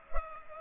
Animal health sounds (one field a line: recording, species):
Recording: mosquito wingbeat signal from an infrared sensor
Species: Culex pipiens